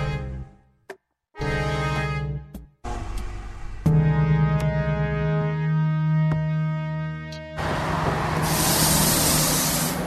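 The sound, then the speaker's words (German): Traffic on a city arterial road, with deep, steady engine hums that start and stop abruptly, building into a louder mix before a broad hissing burst like an air brake takes over at the end. “Ich bin hier an der Ausfallstraße einer Stadt.”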